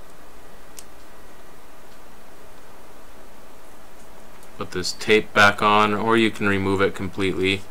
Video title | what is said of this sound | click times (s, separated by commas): How to Replace the SIM Tray on a OnePlus One | that in place here and make sure to snap the ribbon back in | 0.8 s